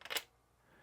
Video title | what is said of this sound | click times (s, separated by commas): Best Monopod for Wildlife Photography? Ifootage Compared | you could see that it's unlocked the top collar. | 0.0 s